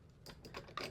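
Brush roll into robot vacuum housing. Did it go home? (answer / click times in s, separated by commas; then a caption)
yes / 0.8 s. The cleaned brush roll of an iRobot Roomba Plus 505 Combo robot vacuum is pushed back into its plastic housing on the underside of the vacuum. Short scraping, clicky bursts come at about 0.3 s and 0.5 s, then a sharp snap at 0.8 s as the brush roll seats in place.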